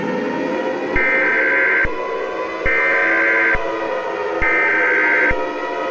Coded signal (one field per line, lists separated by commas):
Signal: Emergency Alert System (SAME) tones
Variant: header bursts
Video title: EAS: Austin Tornado Warning